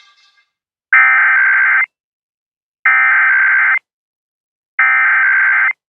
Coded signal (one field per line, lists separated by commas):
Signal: Emergency Alert System (SAME) tones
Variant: header bursts